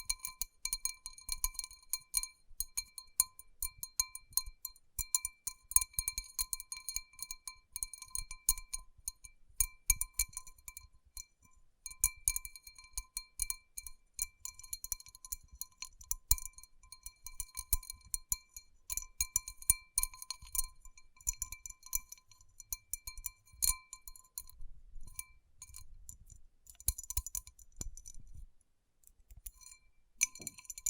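Fingertips tap and rub rhinestone-covered palms in dense, uneven bursts of bright glassy clicks and clinks, with brief pauses near 12 and 28 seconds.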